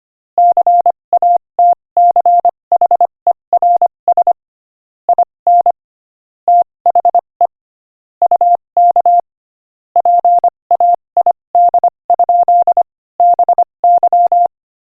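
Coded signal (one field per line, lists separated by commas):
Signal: Morse code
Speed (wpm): 26 wpm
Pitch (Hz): 700 Hz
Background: none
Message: CATCHERS IN THE UK PAID? BY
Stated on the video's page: Morse practice at 25 wpm.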